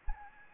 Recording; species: mosquito wingbeat signal from an infrared sensor; Anopheles gambiae